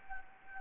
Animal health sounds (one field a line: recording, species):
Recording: mosquito wingbeat signal from an infrared sensor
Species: Anopheles gambiae